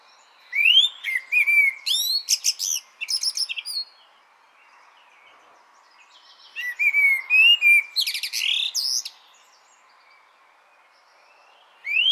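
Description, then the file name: Common blackbird delivers fluting, slurred whistles ending in rapid high chattering squeaks, pauses, repeats the pattern, then starts another phrase at the end. "Turdus merula"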